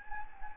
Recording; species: mosquito wingbeat signal from an infrared sensor; Anopheles gambiae